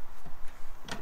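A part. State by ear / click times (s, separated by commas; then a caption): seated / 0.9 s. A metal sissy bar (passenger backrest) on a Triumph Rocket 3 Touring motorcycle is lined up on both sides of its quick-release mounts, pushed on and pulled back. A sharp, bright click sounds at 0.9 s as it latches into place, and the sissy bar is seated.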